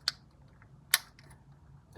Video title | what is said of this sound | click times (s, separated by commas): Jada’s Toys Ultra Street Fighter II: The Final Challengers - M. Bison Review | There we go. You hear that click? | 0.9 s